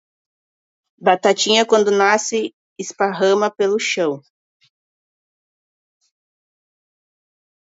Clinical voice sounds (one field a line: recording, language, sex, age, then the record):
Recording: short text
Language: Brazilian Portuguese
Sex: female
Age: 40 to 49 years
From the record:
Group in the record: control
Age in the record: 42 years